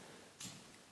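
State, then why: Seated. A GoPro action camera's battery door is refitted onto its metal hinge pin and pushed back in. A small, bright click sounds at 0.4 s and quickly fades over a quiet background. The door snaps back onto the hinge and is seated.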